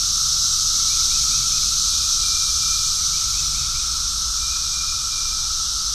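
Cicadas droning together in one unbroken high-pitched hiss, joined by a steady lower whine and brief faint trilled chirps scattered through.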